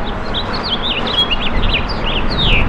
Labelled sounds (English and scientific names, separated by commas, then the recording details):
House Finch (Haemorhous mexicanus) song
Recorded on Long Island, New York, on 17 May 2012
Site LB
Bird A